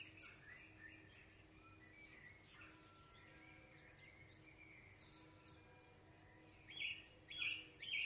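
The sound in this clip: Song thrush song: a high sharp phrase, soft quieter warbling, then a clear note repeated three times, with low background hum throughout.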